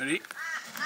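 A plastic Anderson power plug is handled beside its mating Anderson connector, not yet pushed home, while someone talks. A brief handling sound rises near the end, but nothing has seated or clicked yet; the plug must later be pushed in hard until it clicks and sits flush so it stays connected tightly enough to charge.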